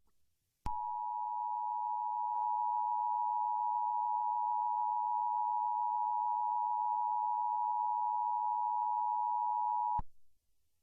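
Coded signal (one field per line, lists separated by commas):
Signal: Emergency Alert System (SAME) tones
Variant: 853 and 960 Hz attention tone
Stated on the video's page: Fictional mock alert scenario for a nation-building game.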